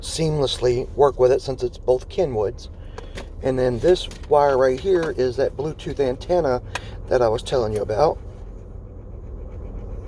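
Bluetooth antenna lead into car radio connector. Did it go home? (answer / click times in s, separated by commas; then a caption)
no / none. A Bluetooth antenna lead is handled near its mating connector on a car radio harness, with both units being Kenwood, while someone talks over faint handling noise. Nothing has seated or clicked yet.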